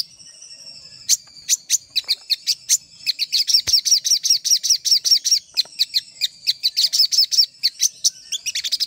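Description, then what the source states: Little spiderhunter calling with widely spaced sharp chips that quicken into a steady run of high, repeated notes, ending in a buzzy burst. Master recording used for training cage birds.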